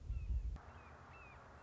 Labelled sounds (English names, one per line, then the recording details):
Red-shouldered Hawk
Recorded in Sonoma County, California